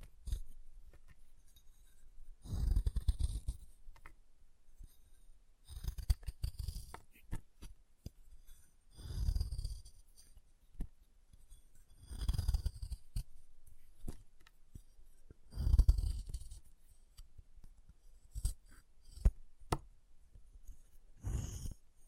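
Chalk being carved and cut, heard as bursts of gritty scraping that come roughly every three seconds, each with a low thud and a bright hiss. Small sharp clicks and ticks fall between the strokes, and the pauses are nearly silent.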